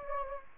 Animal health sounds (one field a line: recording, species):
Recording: mosquito wingbeat signal from an infrared sensor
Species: Anopheles gambiae